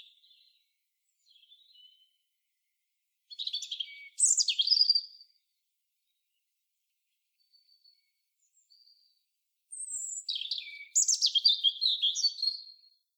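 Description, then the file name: European robin singing two separate phrases of high, jangling, varied notes several seconds apart, with faint soft notes in the quiet gaps between them. "Erithacus rubecula"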